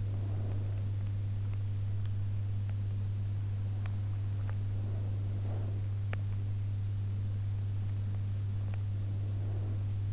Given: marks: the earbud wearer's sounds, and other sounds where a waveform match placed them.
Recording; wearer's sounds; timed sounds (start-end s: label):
sounds in sleep by an in-ear microphone; breath
0.00-1.73 s: breath
4.83-5.89 s: breath
8.92-10.13 s: breath